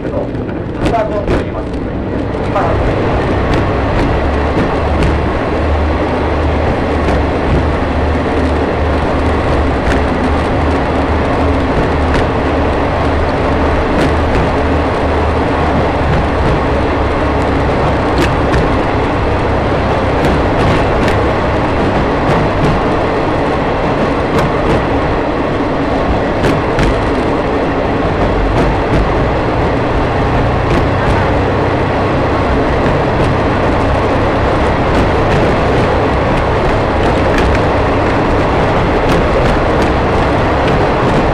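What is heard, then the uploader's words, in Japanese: A ride aboard the Shimanto Torokko trolley train on the Yodo Line, running from Ekawasaki toward Tosa-Taisho. A dense, steady rumble of wheels and motor holds for the whole stretch, with a low hum underneath and frequent sharp clicks and rattles from the track. 予土線しまんトロッコ2号 江川崎→土佐大正。案内人の話を聞きながらのんびりと走っていきますが、トンネル区間が多いので結構轟音だらけになります。また意外と風が冷たいです。前日まで大雨だったこともあり川の水は汚かったですが、空気はとてもきれいに感じました。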